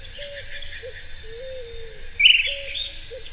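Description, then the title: Short-crested flycatcher giving one short, buzzy rolled call near the end, over a steady high insect drone and faint low whistled notes. Subspecies Myiarchus ferox ferox. "LuckyPassaro Completos2Sama. Short-crested Flycatcher (Myiarchus ferox ferox)"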